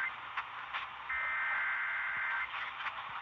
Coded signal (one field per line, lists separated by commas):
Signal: Emergency Alert System (SAME) tones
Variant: header bursts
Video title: Stop Doing Weeklies WJR!! EAS Tests From June 20-21, 2023